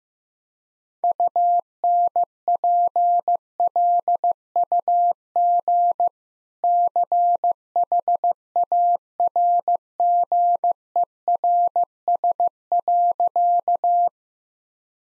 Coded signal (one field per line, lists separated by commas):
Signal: Morse code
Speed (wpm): 15 wpm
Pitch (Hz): 700 Hz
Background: none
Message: UNPLUG CHARGERS.